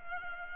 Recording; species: mosquito wingbeat signal from an infrared sensor; Culex pipiens